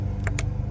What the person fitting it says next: hear that little click, and then you can just pull them right off.